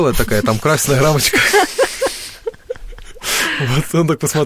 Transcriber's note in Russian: Смеется